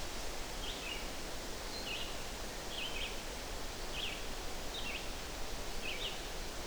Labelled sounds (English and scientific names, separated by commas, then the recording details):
Red-eyed Vireo (Vireo olivaceus) song
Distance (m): 80 m
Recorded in boreal forest in Alberta, Canada, on 12 June 2016 at 05:50
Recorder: SongMeter 3, array SBT-3-18
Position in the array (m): 233 m, 101 m